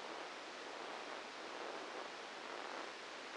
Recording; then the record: brain microelectrode recording played as sound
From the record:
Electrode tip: inside the subthalamic nucleus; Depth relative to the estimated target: 0 mm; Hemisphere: left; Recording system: NeuroSet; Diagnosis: Parkinson's disease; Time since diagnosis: 8 years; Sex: male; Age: 59 years